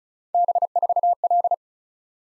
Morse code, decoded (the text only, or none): B4L